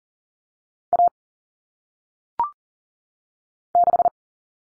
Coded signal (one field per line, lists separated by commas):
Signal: Morse code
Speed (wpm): 40 wpm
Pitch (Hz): 700 Hz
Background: none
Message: A 6